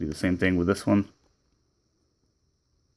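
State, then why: Not seated. Someone talks while handling a Takara Legends LG34 Mindwipe Transformers Titans Return plastic action figure during transformation, getting the plastic figure part on the second side ready to go into its slot on the figure body to match the first side. The speech ends after about 1.1 seconds and the rest is near silence. Nothing has seated or clicked yet.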